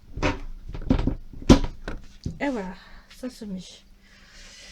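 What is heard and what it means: A plastic shelf piece of a card display stand is pushed very hard into its slot in the frame. Among several bumps and knocks while someone talks, the loudest sharp snap at 1.5 s is the piece engaging, and it is seated.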